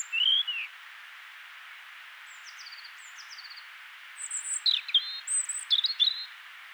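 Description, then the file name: European robin song: a slurred note, then a long pause, then thin descending trills and high whistled notes in a varied, jerky sequence. "Erithacus rubecula"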